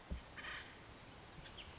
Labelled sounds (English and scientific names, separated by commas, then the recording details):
Acorn Woodpecker (Melanerpes formicivorus)
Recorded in Sonoma County, California